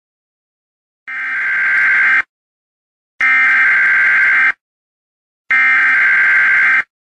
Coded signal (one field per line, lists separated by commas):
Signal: Emergency Alert System (SAME) tones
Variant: header bursts